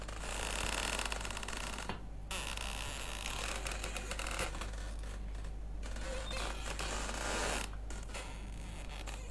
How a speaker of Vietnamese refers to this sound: Vừa quăng cái quạt cặp xuống đất, toan xuống sân kiếm cái chổi để quét dọn, thì ở trong buồng vang lên có tiếng kẽo ca kẽo kẹt, giống như ai đang nằm đưa võng vậy.